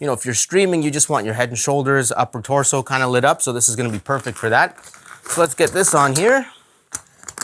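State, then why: Not seated. Someone talks while fitting a fabric grid onto a medium-small softbox diffuser for an iFootage Anglerfish SL1 60DN video light. Speech fills most of the clip, then a few short, sharp handling sounds come through near 6.9, 7.3 and 7.4 seconds. The grid has not clicked into place yet.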